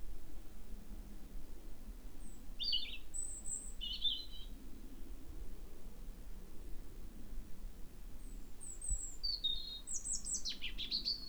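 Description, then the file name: European robin singing brief high twittering phrases with pauses between them, ending in a denser burst of sliding, trilling notes, over a low rumbling background. "Erithacus rubecula"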